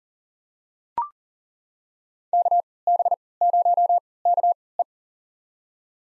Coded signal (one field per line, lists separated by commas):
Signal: Morse code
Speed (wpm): 40 wpm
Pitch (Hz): 700 Hz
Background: none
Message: KB0KE